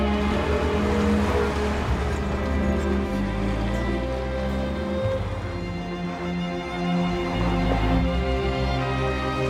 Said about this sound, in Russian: Машина проехала пост и уехала.